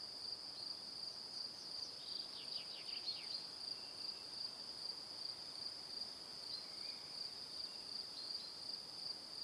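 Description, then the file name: Steady cricket chirps pulse throughout, while early on a brief burst of falling notes sounds over them. Crickets chirping in the evening. "Calm - Evening Crickets"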